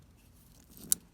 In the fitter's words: hear it click. That's on. Those three are on.